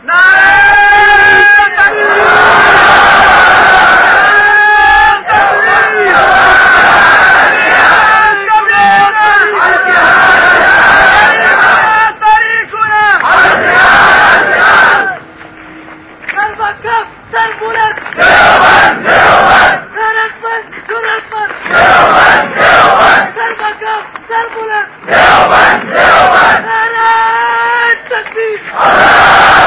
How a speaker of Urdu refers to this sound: ساتھ ہی نعرے کے ذریعے سے استقبال فرمایا کافر کا.